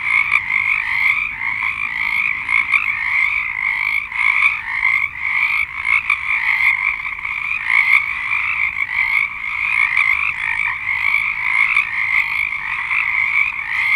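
Frog chorus of many callers, ceaseless pulsing croaks.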